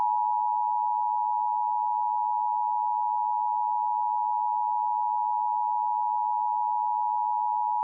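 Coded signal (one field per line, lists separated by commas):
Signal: Emergency Alert System (SAME) tones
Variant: 853 and 960 Hz attention tone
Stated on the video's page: Fictional emergency alert interrupting a radio talk show.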